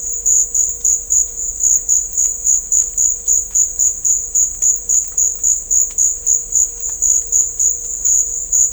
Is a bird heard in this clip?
no